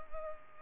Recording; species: mosquito wingbeat signal from an infrared sensor; Culex pipiens